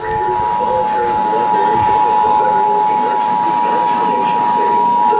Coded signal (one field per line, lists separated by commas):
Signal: Emergency Alert System (SAME) tones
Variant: 853 and 960 Hz attention tone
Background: speech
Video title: EXCESSIVE PERIODIC HEAT WARNINGS...EAS Alerts from 8/11/21 (EAS #6,004 - 6,030)